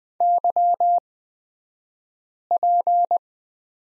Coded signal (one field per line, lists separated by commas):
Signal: Morse code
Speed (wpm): 20 wpm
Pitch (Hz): 700 Hz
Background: none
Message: YP